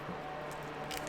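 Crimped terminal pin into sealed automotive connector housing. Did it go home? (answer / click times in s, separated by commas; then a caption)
yes / 1.0 s. A crimped terminal pin is pushed through the rubber seal of a sealed multi-pin automotive connector housing until it locks in place. Over a steady low background, a faint, short click is heard at 0.97 s as the pin seats.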